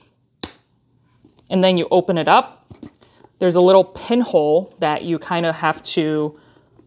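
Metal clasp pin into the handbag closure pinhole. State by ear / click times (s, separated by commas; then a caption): not seated / none. A metal clasp pin is handled at the closure of a vintage leather handbag, ready to go into its small pinhole. A sharp tap at 0.4 s and a few faint handling sounds come through while someone talks. Nothing has seated or clicked yet.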